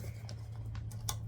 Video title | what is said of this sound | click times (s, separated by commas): Seamingly Ugly Episode 7 | And as you can see, they kind of click into place. You can hear it. | 1.1 s